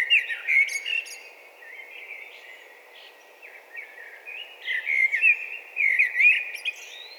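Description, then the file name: Eurasian blackbird song: fluty warbled phrases with thin high twitters, in a few bursts over a steady background hiss. "Turdus merula"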